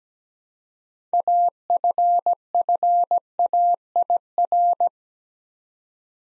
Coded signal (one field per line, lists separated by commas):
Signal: Morse code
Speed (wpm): 17 wpm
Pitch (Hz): 700 Hz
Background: none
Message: AFFAIR